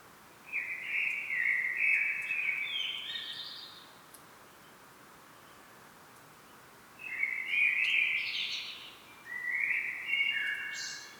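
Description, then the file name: Common blackbird song: three mellow fluted phrases, with higher twittering flourishes, a pause of about three seconds after the first and the last two close together. "Turdus merula"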